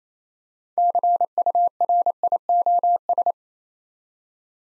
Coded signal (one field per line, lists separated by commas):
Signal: Morse code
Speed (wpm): 28 wpm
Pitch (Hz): 700 Hz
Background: none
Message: CURIOS